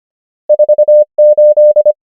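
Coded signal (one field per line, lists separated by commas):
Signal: Morse code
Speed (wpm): 25 wpm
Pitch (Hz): 600 Hz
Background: none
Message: 4 8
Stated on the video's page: Morse code practice of numbers, 25 wpm character speed with 24 wpm effective word speed (Farnsworth spacing).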